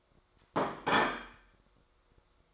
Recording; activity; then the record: daily activity, microphone in the room; place plate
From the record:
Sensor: 3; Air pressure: 1004.3 hPa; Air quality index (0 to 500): 196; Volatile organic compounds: 14 ppm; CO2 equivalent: 2454 ppm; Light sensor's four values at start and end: 4/10/4/4 and 5/11/4/4